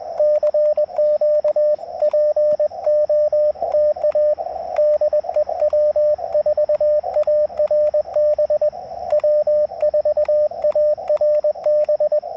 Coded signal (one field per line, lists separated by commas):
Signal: Morse code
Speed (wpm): 21 wpm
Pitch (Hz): 600 Hz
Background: radio noise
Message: CQ POTA DE W4ARB W4ARB